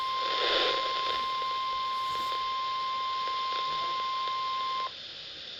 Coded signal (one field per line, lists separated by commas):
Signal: Emergency Alert System (SAME) tones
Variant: 1050 Hz attention tone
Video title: 11/25/2020 | Radioshacc strikes bacc [EAS #259]